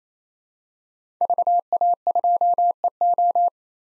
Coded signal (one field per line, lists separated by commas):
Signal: Morse code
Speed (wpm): 28 wpm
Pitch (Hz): 700 Hz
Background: none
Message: VA2EO